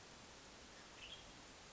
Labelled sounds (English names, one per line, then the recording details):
Western Tanager
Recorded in Sonoma County, California